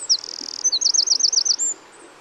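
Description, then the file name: Eurasian wren song: a fast, loud, high-pitched burst of sharp notes and rapid trills, ending abruptly after about a second and a half, over a quiet background. "Troglodytes troglodytes"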